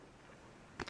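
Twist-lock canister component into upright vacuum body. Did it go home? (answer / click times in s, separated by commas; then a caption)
yes / 0.8 s. A plastic dirt-cup or filter-access part on a Hoover Elite Rewind upright vacuum is twisted into the vacuum body. After a quiet pause, a single sharp tick sounds at 0.8 s as it locks into place and is seated.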